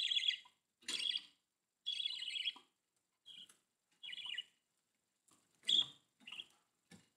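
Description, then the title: Budgerigar chirps: irregular short scratchy notes and clicks, some louder warbled bursts, separated by uneven pauses. "Budgie Sounds"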